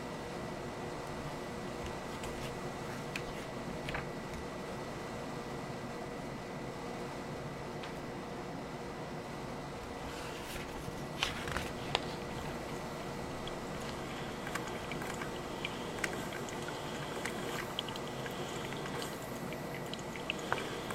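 Scattered taps and clicks, like typing and handling paper, stay sparse for the first ten seconds and then come more often, with a few sharper knocks near the end. Underneath runs a steady low hum and a thin constant tone.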